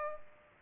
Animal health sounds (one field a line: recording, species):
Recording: mosquito wingbeat signal from an infrared sensor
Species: Culex pipiens